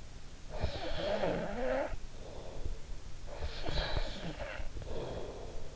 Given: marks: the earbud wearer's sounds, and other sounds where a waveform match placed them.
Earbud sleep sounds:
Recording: sounds in sleep by an in-ear microphone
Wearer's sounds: snoring breath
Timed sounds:
0.37-2.80 s: snoring breath
3.29-5.76 s: snoring breath

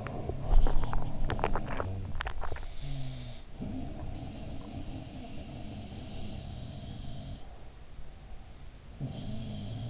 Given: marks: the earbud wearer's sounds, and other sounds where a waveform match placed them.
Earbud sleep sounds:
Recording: sounds in sleep by an in-ear microphone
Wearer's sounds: swallowing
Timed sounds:
0.00-2.80 s: swallowing
2.71-7.68 s: sound from someone else or the room

